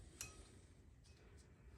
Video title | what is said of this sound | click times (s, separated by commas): Hyundai i10 front brake pad replacement | and they just snap in. There we go, look. | 0.2 s